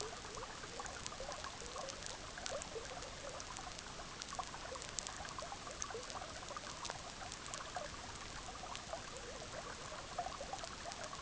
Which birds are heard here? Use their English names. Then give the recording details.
none. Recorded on Arctic tundra, site EABA-MC, on 18 June 2019. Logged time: 06:00